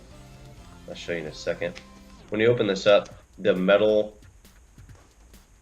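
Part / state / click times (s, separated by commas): metal support wire into softbox reflector frame / not seated / none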